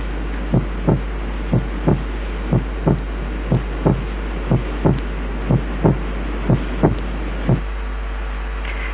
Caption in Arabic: السكند ساوند كان عريض شويه لانه مكون من تو كومبوننتس جنب بعض خالص.